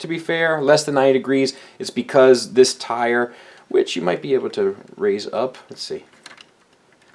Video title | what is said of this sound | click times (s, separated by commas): TFC Hades Transformers 3rd Party Liokaiser | but you can't get another click out of it really | none